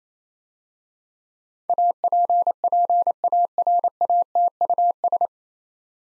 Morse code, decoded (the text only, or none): APPARATUS